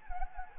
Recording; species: mosquito wingbeat signal from an infrared sensor; Anopheles gambiae